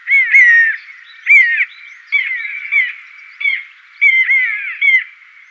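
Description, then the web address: Long-legged buzzard mewing calls: a series of downslurred notes, some doubled, repeated about once a second. "Schulze Peter Long-legged Buzzard"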